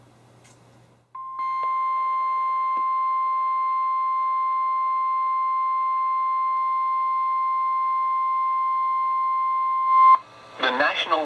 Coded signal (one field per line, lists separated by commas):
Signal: Emergency Alert System (SAME) tones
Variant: 1050 Hz attention tone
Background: speech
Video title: EAS #663-#670: More Flooding! | KHB36 & WNG736